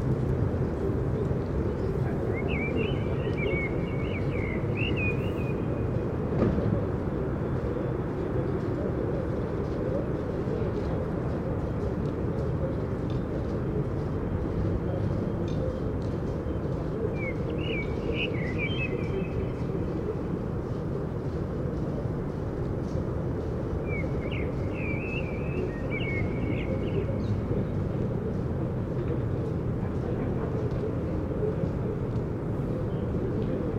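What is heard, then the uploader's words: A steady outdoor roar of warm air and passing traffic fills the low range throughout, dense and unbroken. Short bird calls chirp above it around 2–3 seconds, again near 18, and near 25, each a brief bright flutter. Overhead overview, a public space, immediately south of Holland Spoor rail station, Den Haag, Netherlands, a given spring evening of the year 2019 – warm air, birds; foot, bicycle and scooter traffic; birds.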